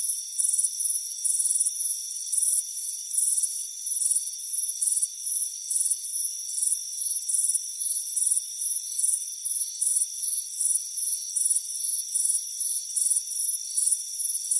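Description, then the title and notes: Crickets chirp steadily in shrill pulsed bursts with a constant high insect whine. Chirping crickets on a warm afternoon at a front porch. "Soothing Crickets Chirping Sound. It's a warm afternoon as you relax in a hammock on the front porch. the soothing sound of chirping crickets. Deep Sleep Sounds"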